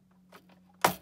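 A plastic retaining clip holding the print assembly of a vintage TI Silent 745 teletype terminal is pushed until it clicks free so the assembly can be removed. After soft rustling and a steady low hum, a sharp, loud click sounds at 0.9 s and fades quickly. The clip releases.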